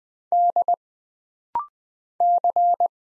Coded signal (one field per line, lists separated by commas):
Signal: Morse code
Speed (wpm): 20 wpm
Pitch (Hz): 700 Hz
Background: none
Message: D C